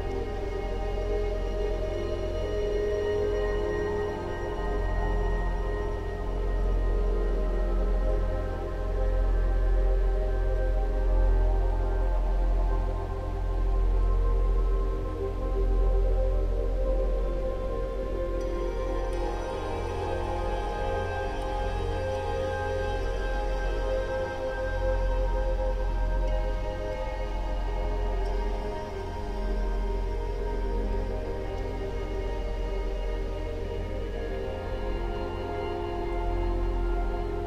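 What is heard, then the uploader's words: Gentle ambient melodies drift over a steady bed of soft white noise and a deep, sustained low hum. Smooth tones swell and fade in slow waves, shifting around 18 and 28 seconds, while the overall loudness stays even throughout. A serene spa at night. Gentle waves of ambient melodies and delicate white noise.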